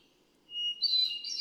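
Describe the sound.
Hermit thrush song: a clear sustained whistle, then a fluttering cascade of higher, ringing notes.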